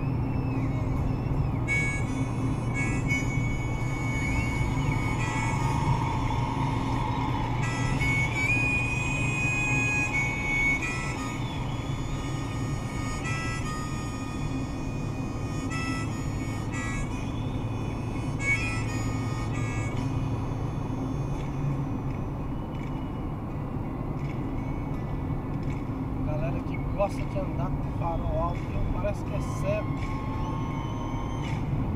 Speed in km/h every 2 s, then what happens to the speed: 124, 124, 124, 124, 122, 117, 112, 114, 117, 118, 114, 112, 112, 113, 115, 115.
0-7 steady at about 124. 7-12 slows to 112. 12-32 steady at about 114.